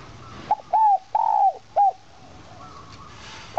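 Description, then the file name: Spotted dove giving a quick phrase of soft coos, short notes flanking two longer arched hoots. Cooing in the 'giọng kim' voice style. "Tieng chim Cu gay giong kim. tieng cu gay giong kim"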